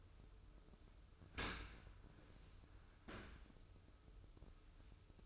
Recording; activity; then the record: daily activity, microphone in the room; open dishwasher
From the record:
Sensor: 2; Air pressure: 995.6 hPa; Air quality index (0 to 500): 96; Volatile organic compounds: 5 ppm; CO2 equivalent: 1762 ppm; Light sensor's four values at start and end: 25/80/32/30 and 25/80/32/30